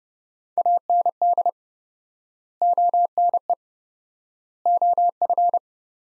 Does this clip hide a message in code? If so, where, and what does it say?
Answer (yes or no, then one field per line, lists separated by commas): yes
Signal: Morse code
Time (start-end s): 0.6-5.6 s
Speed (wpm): 30 wpm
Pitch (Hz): 700 Hz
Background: none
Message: AND ONE OF